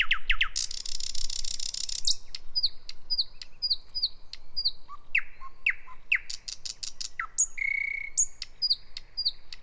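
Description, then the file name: Thrush nightingale singing: a harsh buzzy rattle, then varied whistled notes, dry clicks and short falling slurs in quick succession. Vartiokylä, Helsinki, Finland; May 2009. "satakieli vartiokylassa"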